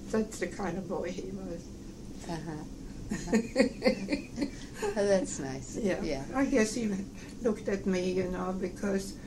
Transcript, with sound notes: That's the kind of boy he was.
Uh-huh. (laughs) That's nice.
Yeah.
Yeah.
I guess he looked at me - you know, because